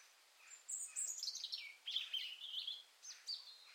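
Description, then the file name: European robin song: a single rich high phrase of liquid, tumbling notes that slide downward, then a few thin, sharp notes at the close. "Erithacus rubecula"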